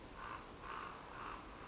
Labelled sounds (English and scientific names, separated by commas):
Common Raven (Corvus corax)